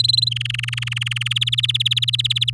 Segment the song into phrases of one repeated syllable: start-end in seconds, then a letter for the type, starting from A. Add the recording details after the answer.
0.00-0.29 A, 0.31-1.33 B, 1.35-2.50 C. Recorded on 9 May 2018 at 06:33. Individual llb16